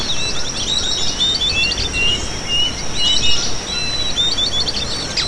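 Bird chirps and brief whistles throughout, over a continuous high-pitched buzz and low noise.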